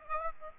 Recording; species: mosquito wingbeat signal from an infrared sensor; Aedes aegypti